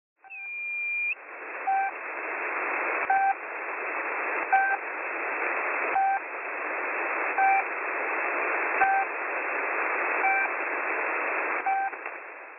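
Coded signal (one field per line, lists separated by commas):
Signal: channel marker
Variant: The Pip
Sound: eight short buzzy beeps, about one every 1.4 seconds, over steady radio hiss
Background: radio static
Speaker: this is the PIP its nickname was given by shortwave listeners and it's a shortwave radio station that broadcasts on the frequency 5448 kilohertz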